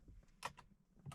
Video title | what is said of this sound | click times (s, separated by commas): Transform Your Tesla Steering Wheel: DIY Yoke Upgrade Guide | it should snap right in | 0.5 s